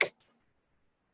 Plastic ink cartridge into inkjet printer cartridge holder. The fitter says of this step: on to the next one pop it in till it clicks and our